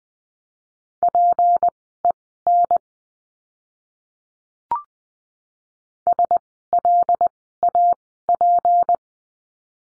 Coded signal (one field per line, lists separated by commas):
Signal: Morse code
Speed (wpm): 20 wpm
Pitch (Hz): 700 Hz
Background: none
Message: PEN SLAP